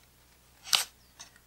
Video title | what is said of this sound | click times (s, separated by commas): Happy Planner Plan with me 2/12/2018 - 2/18/2018 | and then this can just be snapped right in there for the | 0.8 s